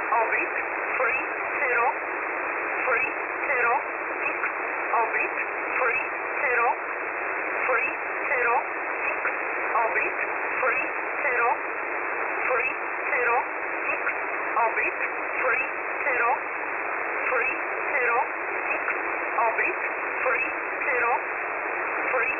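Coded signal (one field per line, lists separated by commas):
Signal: numbers station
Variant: E11a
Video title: E11a Message 02/05/2023 1000 UTC 12153kHz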